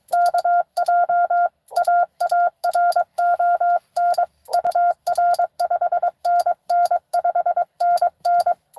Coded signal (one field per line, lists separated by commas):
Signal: Morse code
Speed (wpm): 22 wpm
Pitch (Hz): 690 Hz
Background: none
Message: KJ AARON UR 5NN 5NN